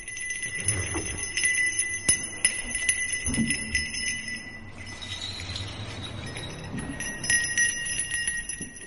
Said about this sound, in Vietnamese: Ông thầy từ từ bước ở trên bờ, theo sự chuyển động của cái thân cây, tay thầy chốc chốc lại gõ lên tiếng mõ con con vang vọng, tay kia rung lên những tiếng chuông nghe vang vọng cả khúc sông.